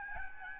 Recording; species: mosquito wingbeat signal from an infrared sensor; Aedes albopictus